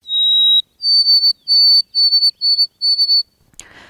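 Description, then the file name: White-throated Sparrow song: a long pure whistled note, then a string of higher, slightly wavering whistles, ending with a brief rustling noise. "White-throated Sparrow Gonewiththe Wind"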